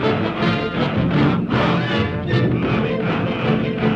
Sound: Soundbite of chants of Kong

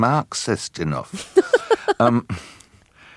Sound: laughter

